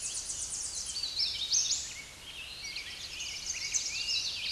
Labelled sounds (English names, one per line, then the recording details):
Hooded Warbler song
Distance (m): 30 m
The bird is about level with the microphone
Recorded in a Pennsylvania forest on 16 May 2024 at 06:43
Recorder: AudioMoth, point MSD-1293
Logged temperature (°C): 12.0 °C
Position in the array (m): 33 m, 173 m